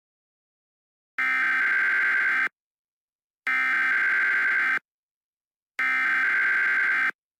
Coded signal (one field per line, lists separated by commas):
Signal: Emergency Alert System (SAME) tones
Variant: header bursts